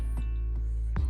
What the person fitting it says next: C'est parfait, c'est bien emboîté.